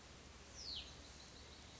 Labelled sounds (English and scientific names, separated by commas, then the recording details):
Hutton's Vireo (Vireo huttoni)
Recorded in Sonoma County, California